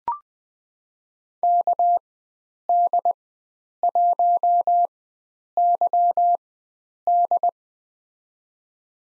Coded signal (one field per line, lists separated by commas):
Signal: Morse code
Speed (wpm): 20 wpm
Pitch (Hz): 700 Hz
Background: none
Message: KD1YD